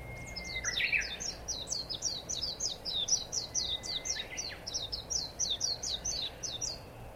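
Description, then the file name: Japanese white-eye singing a fast, high, twittering warble of rapid sweeping notes, with two brief thin whistles, over a steady low background hiss. "mejiro"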